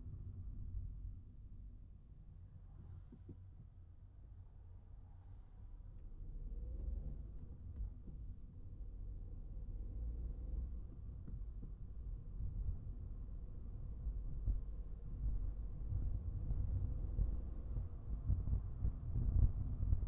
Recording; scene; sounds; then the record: everyday scene through a hearing-aid microphone; in a vehicle; engine, traffic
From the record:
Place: Skoda Fabia, gasoline engine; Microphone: behind the ear, right, front